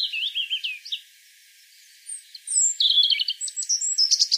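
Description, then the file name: European robin singing in two bursts: wavering high warbled notes, a short gap, then quick twittering and thin trills. "Erithacus rubecula"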